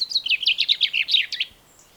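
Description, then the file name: Common chaffinch giving one quick phrase of clipped, chirping notes that step downward over about one and a half seconds, then fall silent. "Fringilla coelebs"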